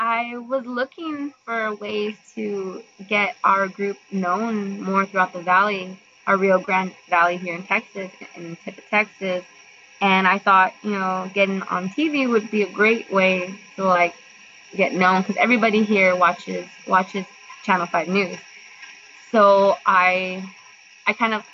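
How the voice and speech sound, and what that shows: A 23-year-old woman who stutters and has had years of speech therapy speaks conversationally, with stretched word onsets, brief glottal blocks and hesitant pauses: mild stuttering.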